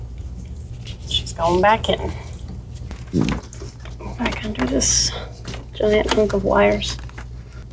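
A rubber ignition coil boot, greased with dielectric grease, is being worked back down toward the spark plug in the engine, beneath a large bundle of wires, while someone talks. Brief knocks and handling sounds come through between the speech. The boot has not seated or clicked yet when the clip ends.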